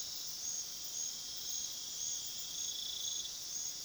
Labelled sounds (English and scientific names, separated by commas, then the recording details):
none
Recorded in pastures near Puerto Asís, Putumayo, Colombia, on 20 February 2024 at 22:00
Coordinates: 0.497, -76.327
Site G7276